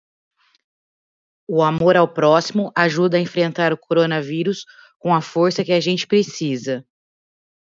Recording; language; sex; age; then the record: spoken sentence; Brazilian Portuguese; female; 40 to 49 years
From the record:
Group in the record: control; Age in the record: 49 years